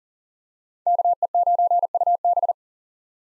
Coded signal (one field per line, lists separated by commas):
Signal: Morse code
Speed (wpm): 40 wpm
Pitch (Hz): 700 Hz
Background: none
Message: KE9UB